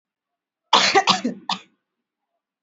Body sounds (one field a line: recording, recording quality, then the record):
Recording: heavy voluntary cough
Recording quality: excellent, no background noise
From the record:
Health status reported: COVID-19 positive, mild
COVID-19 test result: positive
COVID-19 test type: RT-PCR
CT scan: not taken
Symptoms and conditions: cough, fatigue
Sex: female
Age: 22 years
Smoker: no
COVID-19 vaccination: one dose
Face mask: worn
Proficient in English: yes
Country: India